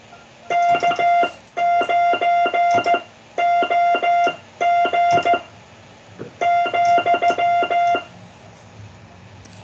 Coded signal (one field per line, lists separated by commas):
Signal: Morse code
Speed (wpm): 14 wpm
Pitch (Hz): 700 Hz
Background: music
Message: K9OG ,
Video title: The fith COOL CW Practice aired on the 26th September 2024